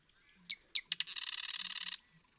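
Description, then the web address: Marsh Wren song: a few sharp clicking introductory notes, then a rapid, buzzy, rattling trill lasting about a second. "birdsongforthecurious Marsh Wren"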